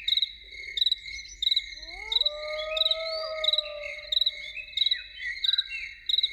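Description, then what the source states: Loon wailing, a low tone rising then holding steady for about two seconds, over a dense chorus of rapidly pulsing crickets and chirping insects. Evening.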